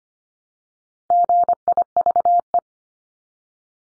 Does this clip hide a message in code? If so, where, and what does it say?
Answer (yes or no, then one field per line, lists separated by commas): yes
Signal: Morse code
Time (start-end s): 1.1-2.6 s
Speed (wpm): 25 wpm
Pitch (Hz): 700 Hz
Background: none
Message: GIVE